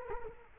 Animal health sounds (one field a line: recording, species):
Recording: mosquito wingbeat signal from an infrared sensor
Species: Culex quinquefasciatus